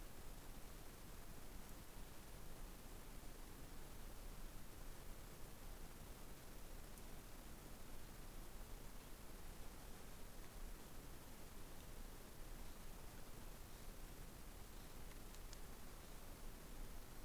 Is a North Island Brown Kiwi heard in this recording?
no